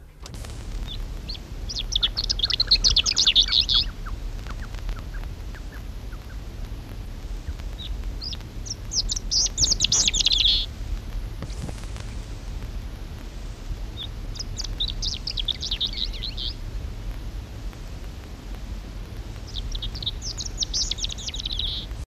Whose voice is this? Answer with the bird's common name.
Red-capped Lark